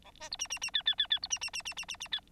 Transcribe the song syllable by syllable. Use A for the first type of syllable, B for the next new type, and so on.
A B C D D D E E E E C D D D D D D D E